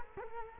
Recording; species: mosquito wingbeat signal from an infrared sensor; Culex quinquefasciatus